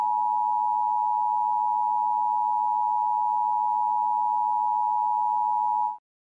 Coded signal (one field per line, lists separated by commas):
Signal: Emergency Alert System (SAME) tones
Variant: 853 and 960 Hz attention tone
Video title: The Christmas Storm (EAS SCENARIO) (CHRISTMAS SPECIAL) | Fred2012